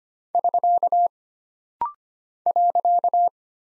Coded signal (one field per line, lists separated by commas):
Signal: Morse code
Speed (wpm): 25 wpm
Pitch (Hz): 700 Hz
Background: none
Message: <SK> .